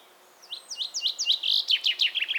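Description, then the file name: Common chaffinch song of sweet, evenly spaced notes speeding into a dense, tumbling descending run. "Fringilla coelebs"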